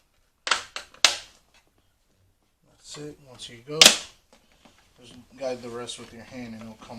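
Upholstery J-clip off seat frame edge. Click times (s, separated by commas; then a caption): 1.1 s. A flat-head screwdriver pries at the edge of a seat to pop off a metal J-clip holding the upholstery to the seat frame of a Mercedes-Benz C-Class/GLK seat. Sharp metallic snaps come through early on, with the loudest pop at 1.0 s as the clip releases. Someone talks afterward.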